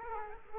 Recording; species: mosquito wingbeat signal from an infrared sensor; Culex quinquefasciatus